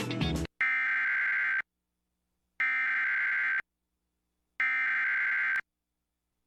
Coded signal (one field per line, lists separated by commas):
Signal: Emergency Alert System (SAME) tones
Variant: header bursts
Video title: EAS: Severe Thunderstorm Warning for Denton, TX, and Tarrant, TX (04/28/2026)